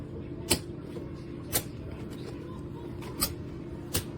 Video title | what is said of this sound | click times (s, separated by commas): Review SEE SPRING 12 Pack Shoe Storage Box, Clear Plastic Stackable Shoe Organizer for Closet, Space | So all 4 sides are clicked in. | 0.5 s, 3.9 s